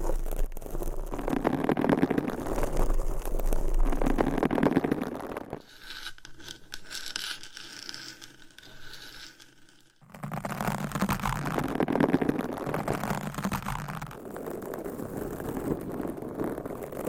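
Close scratching of nails on microphone covers, a dense, rasping scrape that runs loud from the start to about six seconds. A quieter, thinner rustle follows until ten seconds, then heavy scratching returns, easing slightly after fourteen seconds.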